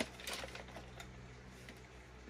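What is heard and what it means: A removable plastic part, the dust bin or filter housing, is handled against the body of a Tineco Pure One S12 Plus cordless stick vacuum, a fit that can be fiddly on first use. A sharp tick opens the clip, followed by light, scattered plastic taps and rattles over a low steady hum. Nothing has seated or clicked into place yet.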